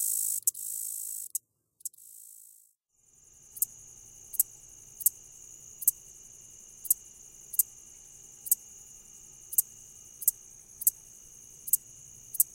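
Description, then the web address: Red-headed meadow katydid song, a sustained high-pitched buzz with crisp ticks repeated at regular intervals, after bursts of noise in the first three seconds. "The Songs of Insects. Red-headed Meadow Katydid"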